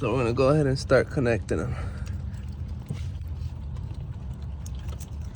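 Someone talks while the first plastic electrical wiring connector is handled to be pushed onto a fuel injector on a 2004–2007 Pontiac Grand Prix 3.8L 6-cylinder, after the injectors have been installed. After the talk, a low steady hum continues, with brief small handling sounds at about 4.7 s and 5.0 s. Nothing has seated or clicked yet.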